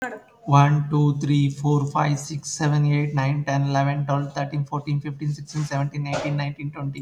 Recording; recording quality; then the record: counting at a normal pace; excellent, no background noise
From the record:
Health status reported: healthy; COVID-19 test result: not tested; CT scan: not taken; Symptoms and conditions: cold, fatigue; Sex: male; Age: 30 years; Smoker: no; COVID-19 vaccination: both doses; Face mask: worn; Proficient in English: yes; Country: India